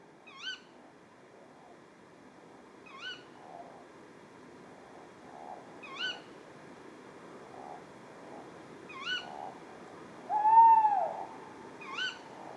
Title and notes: 20 février 2020-4h30-Etang de Beaumont - Drôme. un couple de Chouette hulotte (Strix aluco)